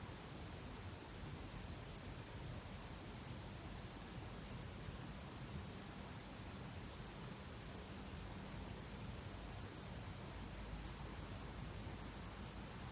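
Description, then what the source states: Crickets trill continuously in a high, rapidly pulsed chorus, with only a soft low background noise alongside. Crickets calling at sunset.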